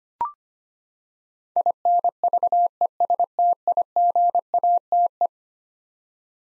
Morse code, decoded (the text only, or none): INVESTIGATE